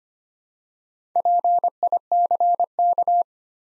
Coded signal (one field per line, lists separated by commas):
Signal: Morse code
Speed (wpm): 25 wpm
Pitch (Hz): 700 Hz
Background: none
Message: PICK